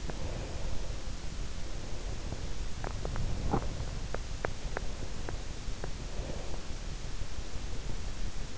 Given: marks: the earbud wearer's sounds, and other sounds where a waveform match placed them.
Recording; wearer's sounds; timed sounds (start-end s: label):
sounds in sleep by an in-ear microphone; breath, teeth grinding
0.08-1.05 s: breath
1.93-2.62 s: breath
2.95-4.00 s: teeth grinding
4.12-5.49 s: teeth grinding
5.97-6.80 s: breath